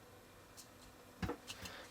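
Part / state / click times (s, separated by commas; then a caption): plastic model piece into kit panel opening / not seated / none. A plastic model piece is pressed into an opening on a model kit panel, giving a short dull knock at about 1.2 s and a lighter tap at 1.5 s over quiet room tone. The piece fails to snap in because it fills the whole space, so nothing has clicked.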